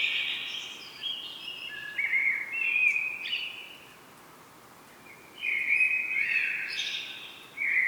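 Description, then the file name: Common blackbird singing fluty, melodious phrases with twittering high endings, interrupted by a brief silence before resuming. "Turdus merula"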